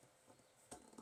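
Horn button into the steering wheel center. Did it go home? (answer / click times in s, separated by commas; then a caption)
no / none. A horn button, its yellow wire already connected, is handled and positioned at the center of an aftermarket Mugen Gen 3 350mm steering wheel on an NRG quick release in a 9th Gen Civic Si. Soft handling and rustling noises are heard, with brief louder contact sounds around 0.7 s and 1.0 s. The button has not seated or clicked into place yet.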